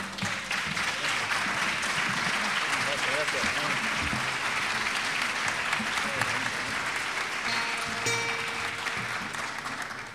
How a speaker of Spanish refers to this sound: Si a ustedes les parece, le damos un aplauso